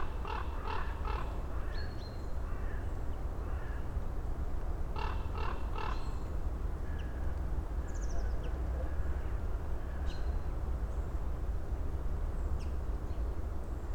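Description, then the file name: Common raven calls: short harsh notes in a quick burst of about four at the start and three more near five seconds, over a steady low rumble with faint high chirps. Recorded at Sergiev Posad, Russia, on 28 August 2011. "raven grazhdanka-sergiyevposad-280811"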